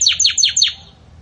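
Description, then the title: Belgian canary giving four quick downslurred chirps in a short rhythmic burst before falling quiet. Belgian canary singing the 'campainha' song style, for fostering young chicks. "Belíssimo Canto Do Canário Belga Campainha Para Encarte De Filhotes"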